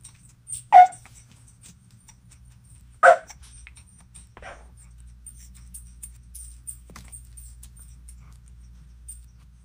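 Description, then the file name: Dog: puppy yelps: two short, sharp high cries a couple of seconds apart, then a fainter squeak, over a low steady hum. "all sound that from puppy"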